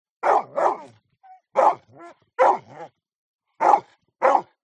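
Dog barking: a quick double bark, then several more barks at irregular intervals.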